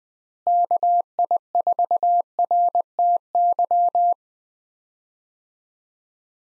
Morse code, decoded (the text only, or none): KI4RTY